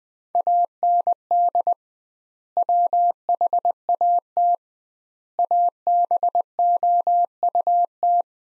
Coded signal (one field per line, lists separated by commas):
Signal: Morse code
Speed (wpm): 21 wpm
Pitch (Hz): 700 Hz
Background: none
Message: AND WHAT ABOUT